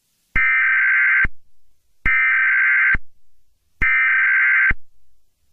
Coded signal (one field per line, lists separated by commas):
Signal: Emergency Alert System (SAME) tones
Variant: header bursts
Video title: EAS scenario - Alien Invasion